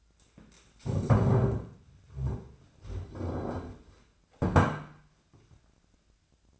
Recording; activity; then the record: daily activity, microphone in the room; stand up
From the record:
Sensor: 2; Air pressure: 1008.0 hPa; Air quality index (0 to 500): 180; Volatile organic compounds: 10 ppm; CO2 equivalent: 2207 ppm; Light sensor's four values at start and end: 11/26/11/11 and 10/25/10/11